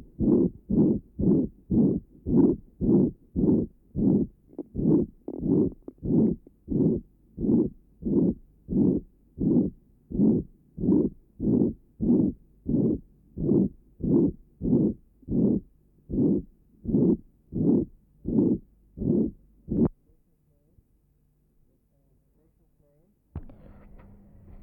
Patient with ventricular septal defect. Recording taken at left sternal edge. Note the pansystolic murmur at this area.